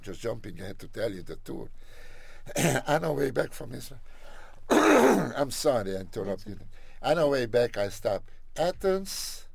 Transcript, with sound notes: I'm just jumping ahead to tell you the two. On the way back from Israel [clears throat] I'm sorry I interrupted.
That's good.
On the way back I stopped Athens.